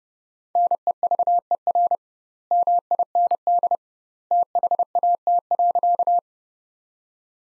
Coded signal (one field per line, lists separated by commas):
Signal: Morse code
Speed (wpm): 30 wpm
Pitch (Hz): 700 Hz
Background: none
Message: NEVER MIND THAT.